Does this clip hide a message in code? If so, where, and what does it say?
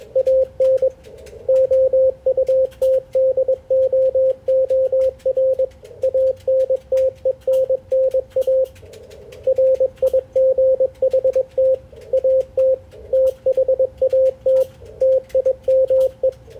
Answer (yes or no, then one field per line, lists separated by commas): yes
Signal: Morse code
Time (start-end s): 0.2-16.3 s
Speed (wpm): 21 wpm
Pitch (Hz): 530 Hz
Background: radio noise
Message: AN OUTDOOR ANTENNA RIGHT AT THAT TIME